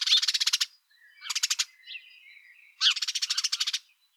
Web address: SETE Passer domesticus